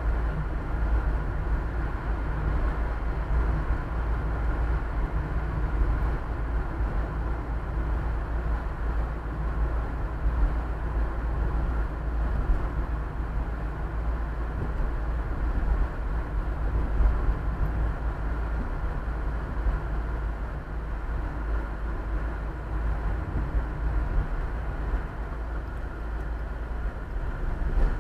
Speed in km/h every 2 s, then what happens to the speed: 44, 45, 44, 45, 44, 44, 44, 43, 44, 43, 42, 40, 36, 28.
0-21 steady at about 44. 21-28 slows to 28.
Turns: none.